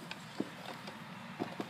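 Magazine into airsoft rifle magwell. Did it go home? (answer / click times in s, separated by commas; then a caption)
no / none. A different magazine is pushed into the magwell of an airsoft rifle over and over, giving short scraping knocks at about 0.1, 0.4, 0.7, 0.9, 1.4 and 1.6 seconds against a low background hum. The magazine does not snap in, and nothing seats or clicks.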